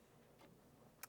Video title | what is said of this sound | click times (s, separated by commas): Systainer3 Front Handle Swap | line it up with the other and then use a little bit of force and you'll hear it snap in | 1.0 s